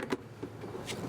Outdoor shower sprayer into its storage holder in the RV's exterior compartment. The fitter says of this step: goes back and locks in place there